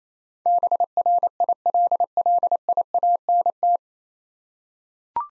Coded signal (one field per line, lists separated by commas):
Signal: Morse code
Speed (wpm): 28 wpm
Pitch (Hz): 700 Hz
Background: none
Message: BRILLIANT